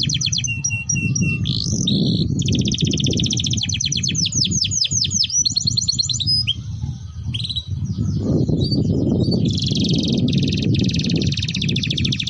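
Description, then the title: Domestic canary singing continuously in dense, fast trills and rolling phrases, bright and high, over loud steady low-pitched background noise. Belgian canary breed; song played to warm up and stimulate canaries, including young birds, so they start singing quickly. "Canto Para Esquentar Canário Belga. Suara Pancingan Kenari Gacor || Ampuh Untuk Masteran Kenari Paud Agar Cepat Bunyi"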